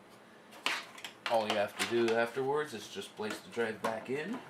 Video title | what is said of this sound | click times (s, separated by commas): Dell Dimension 9150 overview | and eventually they should just snap in place like this one | 0.7 s